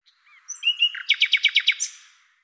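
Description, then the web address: Bird song: a short phrase of introductory notes leading into a quick trill of several bright high notes. "Deverinetal 2025"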